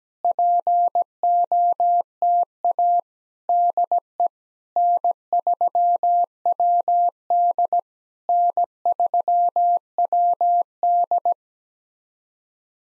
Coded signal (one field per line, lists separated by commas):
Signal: Morse code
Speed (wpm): 17 wpm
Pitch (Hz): 700 Hz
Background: none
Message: POTA DE N3WD N3WD